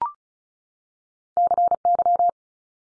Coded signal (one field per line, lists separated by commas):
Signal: Morse code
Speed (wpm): 36 wpm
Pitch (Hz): 700 Hz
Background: none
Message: CY